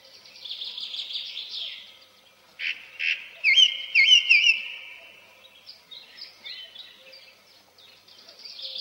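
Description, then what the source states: Song Thrush song: two sharp clicks followed by clear, repeated whistled phrases, with softer phrases before and after. Singing in a spring forest, heard from all sides; unhurried, sonorous phrases delivered from the treetops.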